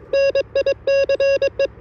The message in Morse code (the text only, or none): NICE